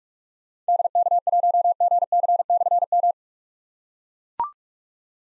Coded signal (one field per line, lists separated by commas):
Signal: Morse code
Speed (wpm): 44 wpm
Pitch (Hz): 700 Hz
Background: none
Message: DK1GC/M